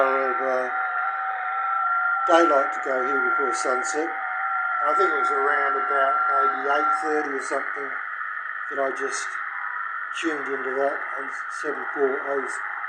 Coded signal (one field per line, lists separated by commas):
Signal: FT8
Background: speech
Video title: ft8 is amazing. Using minimal hardware.